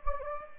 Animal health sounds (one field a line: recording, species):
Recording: mosquito wingbeat signal from an infrared sensor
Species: Anopheles gambiae